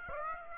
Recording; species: mosquito wingbeat signal from an infrared sensor; Aedes aegypti